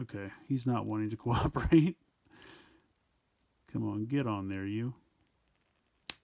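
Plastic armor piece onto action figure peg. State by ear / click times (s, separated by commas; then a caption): seated / 6.1 s. Someone talks while pressing a plastic T-rex armor piece onto an action figure's peg, which resists at first. After a short pause, the piece snaps home with a single loud, sharp click at 6.1 s, seating firmly.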